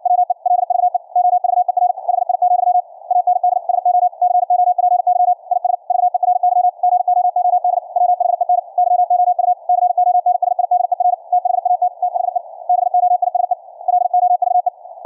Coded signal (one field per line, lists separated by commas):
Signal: Morse code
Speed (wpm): 56 wpm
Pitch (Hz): 720 Hz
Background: none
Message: WE LVE OVER HI, AND SO COPY IS VERY GOOD WHEN YOU CONSIDER THAT THE BOISE LOVE